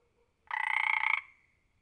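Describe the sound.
Frog croak, one sustained pulsed rattling note lasting under a second, evenly ticking throughout.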